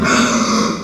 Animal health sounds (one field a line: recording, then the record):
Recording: squeal of a Yucatan mini pig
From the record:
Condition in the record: after surgery on the right vocal fold (resection and tissue-engineered implant)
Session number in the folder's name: 14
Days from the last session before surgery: 133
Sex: female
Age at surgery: 19 weeks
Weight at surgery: 25 kg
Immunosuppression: prednisolone